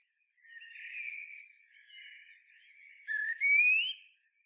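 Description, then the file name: Common blackbird fluting song phrase, a low warbled whistle that wavers, then ends in a brighter rising whistle with a faint high twitter. "Turdus merula"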